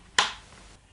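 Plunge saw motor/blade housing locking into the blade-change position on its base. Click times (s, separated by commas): 0.2 s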